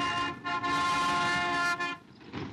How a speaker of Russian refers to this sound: По городу несется санитарный фургон ГЗА-653.